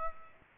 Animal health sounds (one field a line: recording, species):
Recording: mosquito wingbeat signal from an infrared sensor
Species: Aedes aegypti